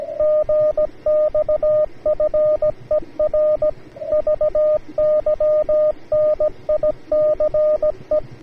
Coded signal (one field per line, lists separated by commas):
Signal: Morse code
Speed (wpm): 17 wpm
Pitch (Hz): 610 Hz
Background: radio noise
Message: GXFER VY NICE